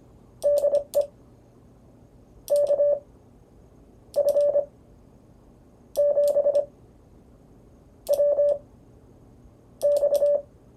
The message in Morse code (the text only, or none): DE KF7WX